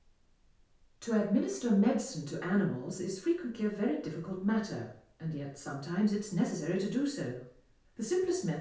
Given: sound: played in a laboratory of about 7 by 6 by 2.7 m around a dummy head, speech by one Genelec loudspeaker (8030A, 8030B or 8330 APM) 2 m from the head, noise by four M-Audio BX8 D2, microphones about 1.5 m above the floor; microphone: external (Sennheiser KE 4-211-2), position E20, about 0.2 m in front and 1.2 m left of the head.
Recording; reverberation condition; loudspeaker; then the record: female speech in English; medium; 90 degrees to the right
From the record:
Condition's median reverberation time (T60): about 510 ms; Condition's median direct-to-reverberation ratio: about -0.5 dB